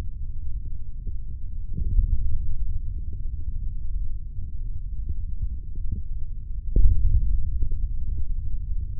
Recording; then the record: forearm muscle sounds (acoustic myography)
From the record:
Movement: hand opening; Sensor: system 3, bracelet of six PUI Audio POM-2738L microphones around the upper forearm, with dedicated amplification and filtering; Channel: 1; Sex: male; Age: 25 years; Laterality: right